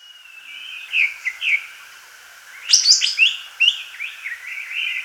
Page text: Greater Green Leafbird Song. Quick Sounds